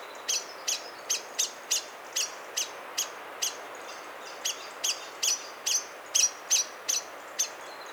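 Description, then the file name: Common blackbird calls: a steady series of sharp, clicking metallic notes, about two a second, kept up throughout. "Turdus merula"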